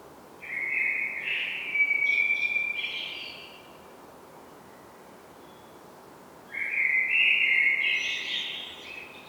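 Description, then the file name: Common blackbird singing two rich warbled phrases with squeaky high endings, separated by a pause of a few seconds. "Turdus merula"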